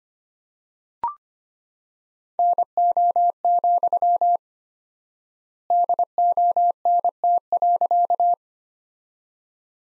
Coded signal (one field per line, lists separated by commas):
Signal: Morse code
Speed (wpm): 25 wpm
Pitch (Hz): 700 Hz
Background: none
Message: NO, DONT.